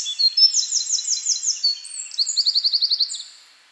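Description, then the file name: Eurasian wren singing a fast, shrill sequence of rattling trills and piercing notes, ending in a quick run of evenly spaced chips before fading. "Troglodytes troglodytes"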